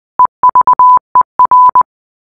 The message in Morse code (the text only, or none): EVER